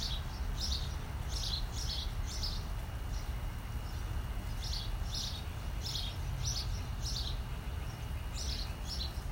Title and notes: 30/4/20, 11:30, Los Ángeles, CA. Estaba leyendo afuera en mi patio, disfrutando de los sonidos de los pájaros en los árboles.